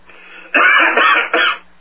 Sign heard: Terrible coughing.